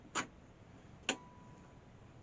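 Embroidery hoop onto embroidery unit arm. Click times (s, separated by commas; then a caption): 1.1 s. An embroidery hoop is slid onto the embroidery unit arm of a Silver Viscount embroidery sewing machine. A brief broadband sound at about 0.2 s is followed by a single sharp click at 1.1 s, after which a faint steady tone lingers. The click marks the hoop seating in place.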